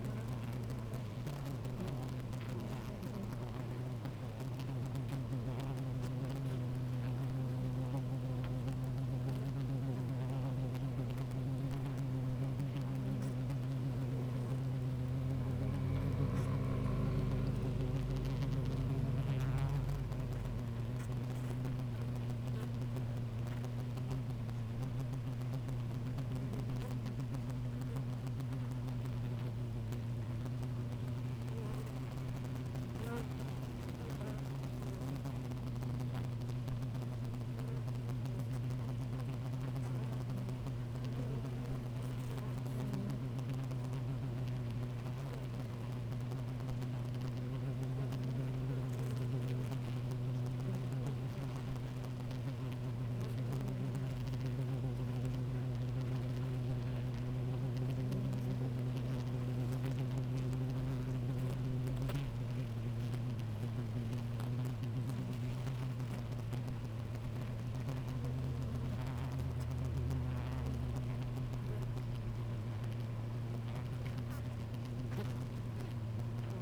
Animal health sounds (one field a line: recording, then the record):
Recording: honeybee colony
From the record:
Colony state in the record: active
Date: 28 July 2017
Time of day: 10:55